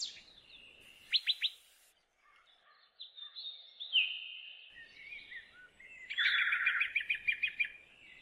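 Bird song: high whistled phrases and quick descending notes, a long drawn whistle near the middle, then a loud buzzy repeated trill with rapid ticking notes near the end.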